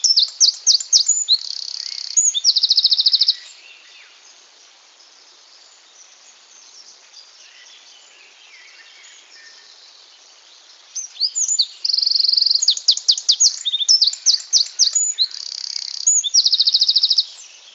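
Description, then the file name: Eurasian wren song: loud, rapid high-pitched bursts of notes and a fast buzzy trill, about three seconds long, then a long pause before another vigorous burst with trills. "Troglodytes troglodytes"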